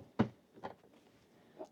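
A new replaceable filter cartridge is inserted into the housing of a countertop UV reverse osmosis water filter unit and twisted to lock it into place. A sharp click is heard at 0.2 s, followed by a softer tap at about 0.65 s and a faint knock near 1.6 s. The cartridge is seated.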